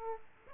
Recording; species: mosquito wingbeat signal from an infrared sensor; Aedes aegypti